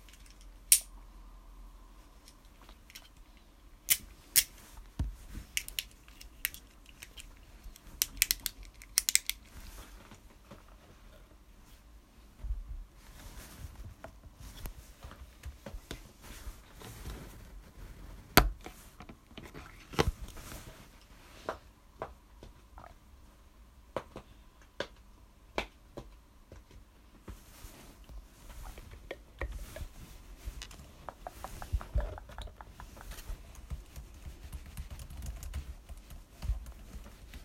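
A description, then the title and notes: Dry tapping and clicking, irregular sharp taps clustered early and late over a faint low rumble. Asmr tapping// no talking.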